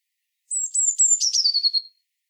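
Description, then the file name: Eurasian blue tit giving a thin, very high note that slides downward into a quick pulsing trill, lasting about a second and a half in silence. "Cyanistes caeruleus"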